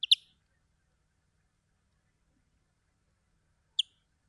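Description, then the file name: European greenfinch giving short bright chirping calls, a double note at the start and a single one near the end, with silence between. "Chloris chloris"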